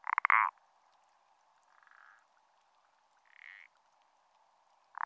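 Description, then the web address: Parsley frog uttering a loud grating croak, followed by two softer croaks and the start of another loud call. Recorded in France. "AMPHIBIANS-IN-FRANCE Parsley frog"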